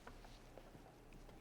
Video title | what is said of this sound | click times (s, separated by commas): ResMed AirSense 10 Ventilator Clinical Setup | Press until it clicks. | 0.1 s